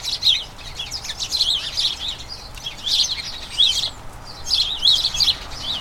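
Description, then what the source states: House sparrows chirping: lively flock chatter with sharp twittering notes in clusters, a short pause near the middle. Colony of about a dozen house sparrows chattering incessantly in a small front garden as crocuses bloom; excited chatter before the breeding season.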